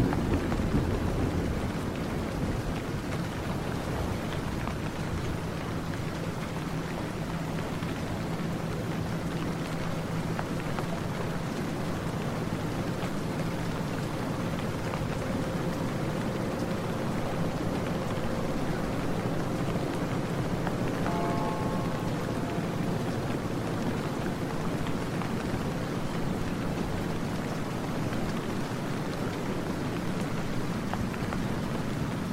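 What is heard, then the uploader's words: Rain falls in a steady, dense hiss that holds the same level for the whole half-minute. A low hum runs underneath throughout, and around twenty-one seconds a brief higher tone rises and fades over about two seconds, possibly a passing vehicle. Peaceful Rain Sound, Rain Ambience. Rain soundscapes.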